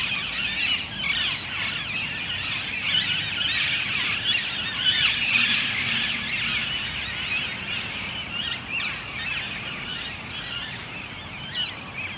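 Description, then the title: Parakeet chorus: a loud, continuous wall of shrill, overlapping screeches and squeals from many birds, easing slightly toward the end. Parc Duden, Forest, Brussels-Capital, Belgium; just before nightfall; recorded with Zoom MicTrak M4 internal XY microphones. "Parc Duden, Forest, Bruxelles-Capitale, Belgique - Parakeets - Perruches"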